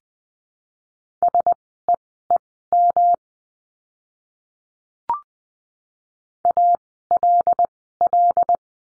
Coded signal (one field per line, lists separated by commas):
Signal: Morse code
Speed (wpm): 20 wpm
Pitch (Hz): 700 Hz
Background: none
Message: SEEM ALL